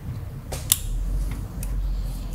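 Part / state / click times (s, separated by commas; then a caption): injector electrical connector on a diesel injector / released / 0.7 s. The plastic locking clip on the electrical connector of a diesel injector on a Mercedes S350 CDI V6 engine is pressed, with a screwdriver helping from below. A sharp click rings out at 0.7 s over low background noise, and the connector is released from the injector.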